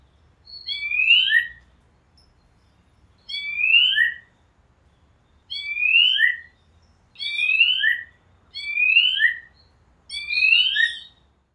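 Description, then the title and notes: Ani calls: six loud, squealing notes, each about a second long, against a quiet background. "Garrapatero by Kellyn Parra Garcia"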